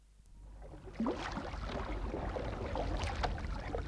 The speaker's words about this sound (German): Mit aller Kraft stieß sie das leichte Boot hinaus in den Strom.